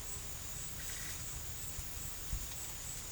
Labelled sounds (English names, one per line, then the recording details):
none
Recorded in secondary vegetation near Puerto Asís, Putumayo, Colombia, on 22 December 2024 at 14:30
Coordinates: 0.499, -76.323
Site G010